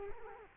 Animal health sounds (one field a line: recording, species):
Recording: mosquito wingbeat signal from an infrared sensor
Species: Culex quinquefasciatus